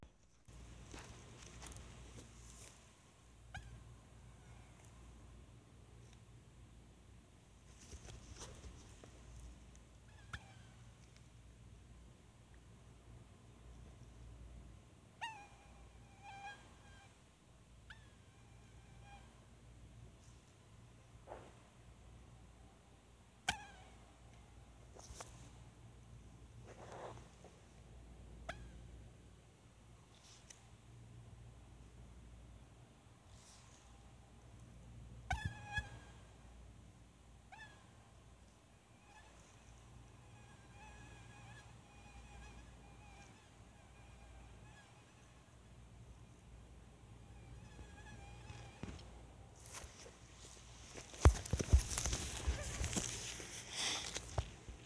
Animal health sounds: mosquito flight sound by mobile phone; Anopheles farauti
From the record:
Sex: male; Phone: Sony Xperia

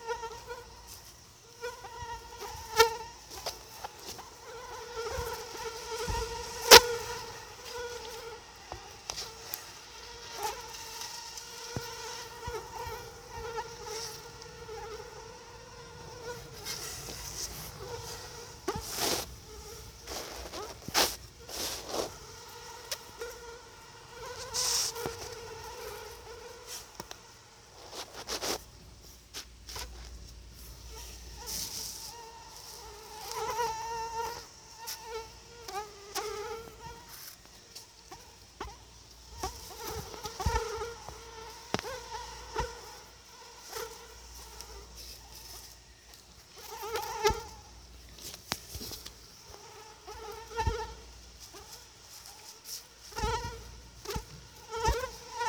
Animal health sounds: mosquito flight sound by mobile phone; Anopheles atroparvus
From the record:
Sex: female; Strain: EBRO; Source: CDC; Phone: Sony Xperia

